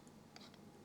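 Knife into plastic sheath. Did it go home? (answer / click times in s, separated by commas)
no / none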